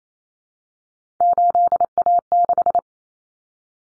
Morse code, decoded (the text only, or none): 8A6